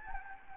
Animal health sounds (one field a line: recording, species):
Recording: mosquito wingbeat signal from an infrared sensor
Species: Anopheles gambiae